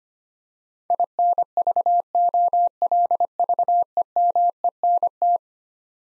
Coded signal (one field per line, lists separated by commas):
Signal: Morse code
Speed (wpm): 25 wpm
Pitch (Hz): 700 Hz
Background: none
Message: INVOLVEMENT